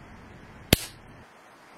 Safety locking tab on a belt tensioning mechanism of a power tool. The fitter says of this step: down and it'll click in place